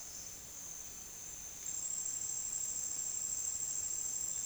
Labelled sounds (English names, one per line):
none